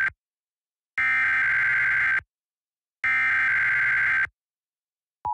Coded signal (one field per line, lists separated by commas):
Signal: Emergency Alert System (SAME) tones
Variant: header bursts